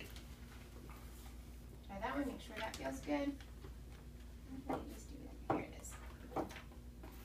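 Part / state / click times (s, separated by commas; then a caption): hearing device component into its mount / seated / 5.5 s. Someone talks while a part of a hearing device, apparently the in-mouth piece of a bone-conduction hearing system, is pressed into its mount over a steady low hum. It snaps into place with a sharp click at 5.5 s, with softer knocks around it, and the part is seated.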